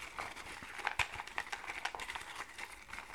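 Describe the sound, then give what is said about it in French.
Small folded paper slips are shaken together for a draw, giving a dry, continuous rustle with quick irregular crinkles and ticks, fairly soft and steady for a few seconds with no one speaking. “Tu me diras stop, c'est à toi de tirer en premier, donc je vais agiter et tu me diras stop quand ce sera bon.”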